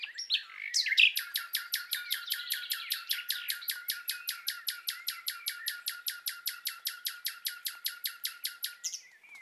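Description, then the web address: Common nightingale delivering a long, steady run of rapid repeated notes, about five per second for eight seconds, after a brief scratchy start. Nightingale in love, singing courtship song. "annee nature rossignol amoureux"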